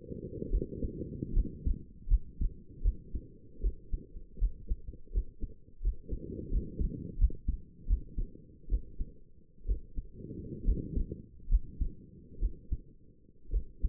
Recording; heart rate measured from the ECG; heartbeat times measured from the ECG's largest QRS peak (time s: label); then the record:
heart sounds by stethoscope; 74 bpm
0.50 s: heartbeat
1.34 s: heartbeat
2.08 s: heartbeat
2.82 s: heartbeat
3.61 s: heartbeat
4.39 s: heartbeat
5.12 s: heartbeat
5.82 s: heartbeat
6.51 s: heartbeat
7.19 s: heartbeat
7.88 s: heartbeat
8.69 s: heartbeat
9.66 s: heartbeat
10.65 s: heartbeat
11.49 s: heartbeat
12.40 s: heartbeat
13.51 s: heartbeat
From the record:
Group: healthy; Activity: rest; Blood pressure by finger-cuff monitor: 96/58 mmHg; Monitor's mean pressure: 70 mmHg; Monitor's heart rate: 75 bpm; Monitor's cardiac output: 6.4 L/min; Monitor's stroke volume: 82 mL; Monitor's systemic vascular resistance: 780 dyn s/cm5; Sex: female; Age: 28 years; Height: 170 cm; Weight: 77 kg